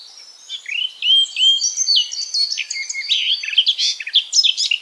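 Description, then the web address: Eurasian blackcap song, a quiet start giving way to a steady, chattering warble of mixed whistles and buzzy notes. "SETE data Sylvia atricapilla"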